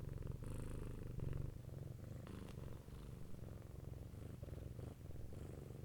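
Domestic cat purring in a low, rhythmic rumble.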